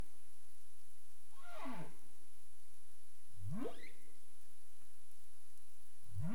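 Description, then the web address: Humpback whale song: a descending moan followed by two sharply rising whoops, the last cut off, against soft underwater hiss. Caribbean; 27 April 2035 at 22:35 UTC. "CARIMAM clean data humpback whale"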